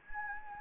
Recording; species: mosquito wingbeat signal from an infrared sensor; Anopheles gambiae